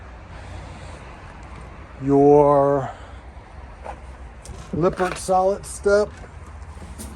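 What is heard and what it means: A metal Lippert Solid Step fold-up entry step at the door frame of a 2022 Alliance Avenue 32RLS fifth-wheel camper is handled while someone talks over a steady low background hum, with a brief faint transient near 4.5 seconds. The clip ends before the step folds up into the camper and locks, so nothing has seated or clicked yet.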